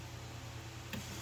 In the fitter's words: Right? Make sure you hear it click. It makes a nice firm click sound when it's on there.